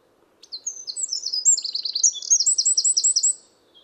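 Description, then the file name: Eurasian wren song, a loud, high-pitched rush of varied notes running into a fast, even trill, lasting about three seconds. "Troglodytes troglodytes"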